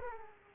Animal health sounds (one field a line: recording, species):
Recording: mosquito wingbeat signal from an infrared sensor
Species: Aedes aegypti